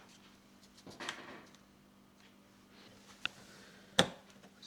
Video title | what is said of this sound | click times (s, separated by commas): I Built My Little Brother His First Gaming PC | slot it in. And you want to hear a nice click. Good. | 3.2 s, 4.0 s